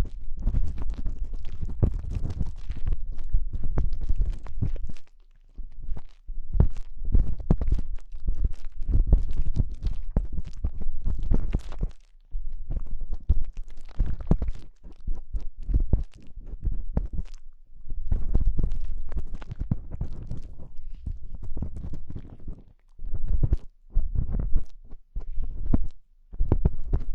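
Dense scraping and rubbing of sticks cleaning an ear, coming in rapid bursts of crackling strokes with brief silent pauses throughout.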